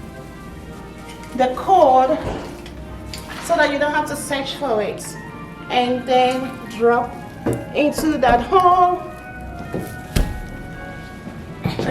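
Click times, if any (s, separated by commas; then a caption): 10.2 s. Someone talks over music while the upper section of an artificial Christmas tree, with its light cord lined up, is dropped into the socket of the lower section. A sharp snap at 10.2 s marks the section seating into place.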